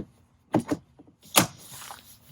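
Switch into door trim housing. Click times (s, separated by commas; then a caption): 1.4 s. A plastic switch is pressed back into its door trim housing on a 2011–2016 Super Duty truck. Two softer knocks come at about 0.6 and 0.7 s, then a sharp snap at 1.4 s as the switch seats back in place.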